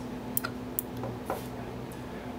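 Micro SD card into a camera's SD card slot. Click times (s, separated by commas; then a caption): 0.4 s, 0.8 s. A micro SD card is pushed upside down into the SD card slot of a DVR camera, and sharp clicks are heard at 0.4 s and 0.8 s over a steady low hum, followed by a few softer ticks. The card clicks into place and is seated.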